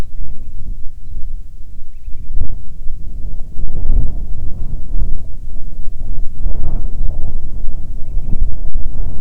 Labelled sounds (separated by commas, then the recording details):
bird, wind
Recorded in the Arctic National Wildlife Refuge, Alaska, on 9 July 2019 at 21:47
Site 48